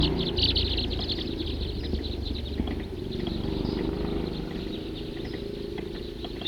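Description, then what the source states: Crossbill flock calls, many short bright chips overlapping, densest at the start, over steady low background noise. Very big flock of about 50 crossbills.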